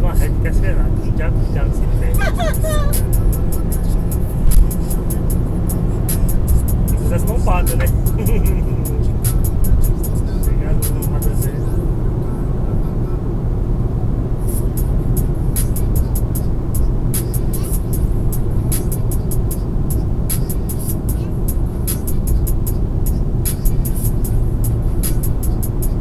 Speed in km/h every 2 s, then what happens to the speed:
116, 121, 124, 125, 124, 121, 120, 119, 119, 117, 111, 109, 111.
0-7 speeds up to 125. 7-21 slows to 109.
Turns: none.